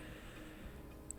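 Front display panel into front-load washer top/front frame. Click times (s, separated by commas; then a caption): 1.1 s. During reassembly of a Samsung front-load washer after a drain pump replacement to fix a draining problem, the plastic front display panel is pulled back and pressed into the washer's top front frame. Over a steady low background noise, a single short sharp click is heard at 1.1 s as the panel snaps into place, and it is seated.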